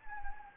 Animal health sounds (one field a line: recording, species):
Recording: mosquito wingbeat signal from an infrared sensor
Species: Anopheles gambiae